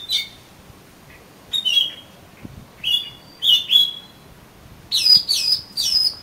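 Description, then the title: Oriental magpie-robin song: short whistled phrases separated by brief pauses, ending in a higher cluster of notes. "Kacer Kacer"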